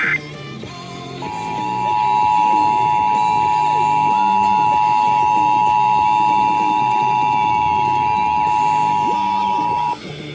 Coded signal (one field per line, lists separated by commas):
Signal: Emergency Alert System (SAME) tones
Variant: 853 and 960 Hz attention tone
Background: music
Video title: CT Monthly Tests EAS# 78-80